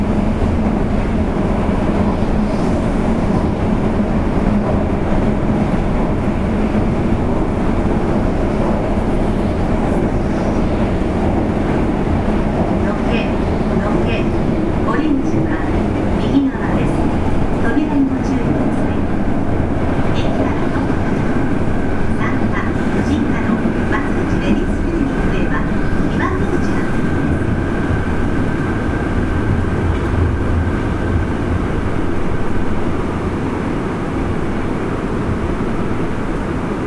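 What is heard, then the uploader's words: A Fukuoka city subway 3000 series train runs with a steady low rumble, brief clatters near sixteen seconds, and a faint whine later. 福岡市営地下鉄 3000系 七隈線 橋本から天神南まで. 福岡市交通局 3000系電車の走行音です。 七隈線で収録しました。 Running sound of Fukuoka city subway 3000 series train.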